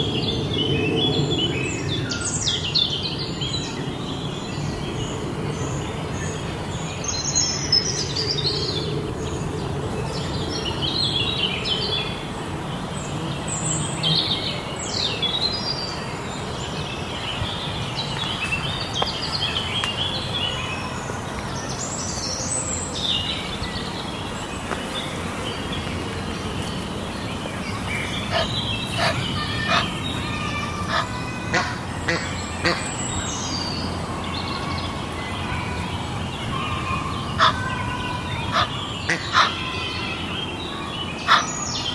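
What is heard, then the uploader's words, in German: A soundwalk at the Ludwigsteich pond near Roßdorf, with birds chirping and calling throughout over a steady low rumble. The first half carries a denser low murmur, while later on sharp clicks and taps come more often, roughly every second or two. Ein Soundwalk am Ludwigsteich bei Roßdorf. Genauer gesagt handelt es sich um den Ludwigsteich bei Roßdorf, der an einem warmen Tag die Leichtigkeit des Sommers verkörpert.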